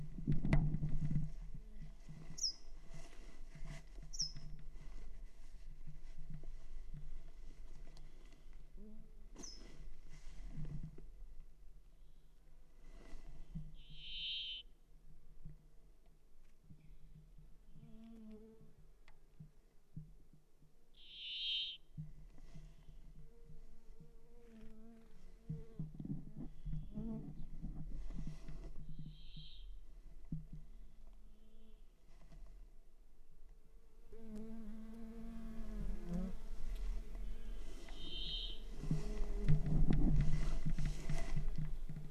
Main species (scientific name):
Fringilla montifringilla